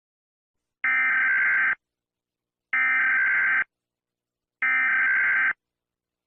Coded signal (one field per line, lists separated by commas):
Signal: Emergency Alert System (SAME) tones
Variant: header bursts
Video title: EAS SCENARIO: Annoying Orange (AFTER MANY MONTHS OF WORK)